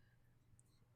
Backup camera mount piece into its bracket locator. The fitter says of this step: this guy will literally just snap